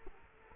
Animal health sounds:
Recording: mosquito wingbeat signal from an infrared sensor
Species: Culex quinquefasciatus

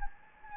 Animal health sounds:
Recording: mosquito wingbeat signal from an infrared sensor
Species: Anopheles gambiae

